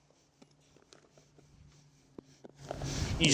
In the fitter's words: just push it down and it locks in place.